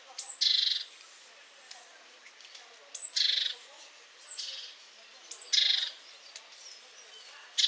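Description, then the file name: Great tit calls: four sharp high whistled notes, each dropping into a short harsh buzzy churr, at irregular intervals, with a fifth starting at the end. "Parus major"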